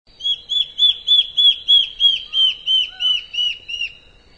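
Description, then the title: Black-faced antbird delivering a quick run of a dozen evenly spaced, slurred whistles that weaken gradually, with a few softer lower notes. Nominate subspecies myotherinus. "LuckyPassaro Completos2Sama. Black-faced Antbird (Myrmoborus myotherinus myotherinus)"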